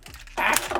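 A plastic windshield panel on a transforming action figure is pulled out of its seated position in the figure's torso. Faint plastic ticks are followed by a loud snap at 0.56 s as the panel pops free, with a smaller click near 0.75 s. No one talks.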